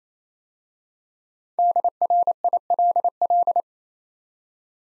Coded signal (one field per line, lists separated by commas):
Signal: Morse code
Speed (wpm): 27 wpm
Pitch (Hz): 700 Hz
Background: none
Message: DRILL